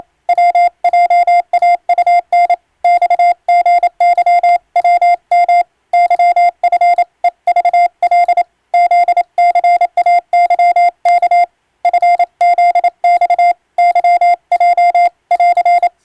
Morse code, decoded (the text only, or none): WJAUN XGYWM YFEVL ZCAYK FZX YJ <AR>